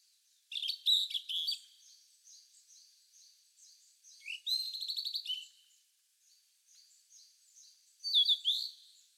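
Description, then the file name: Blue-and-white flycatcher singing three loud phrases, several seconds apart, with faint soft twittering between them. "cyanoptila cyanomelana twitter"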